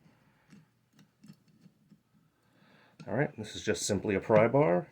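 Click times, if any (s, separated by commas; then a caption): none. A valve stem puller tool is screwed onto a rubber valve stem, and the stem is lined up in the hole of a trailer wheel rim before being levered home. Light ticking handling noises come in the first three seconds, then someone talks. The stem has not seated or clicked yet.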